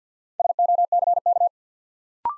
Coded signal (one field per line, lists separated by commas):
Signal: Morse code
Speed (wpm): 50 wpm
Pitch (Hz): 700 Hz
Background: none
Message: SOCK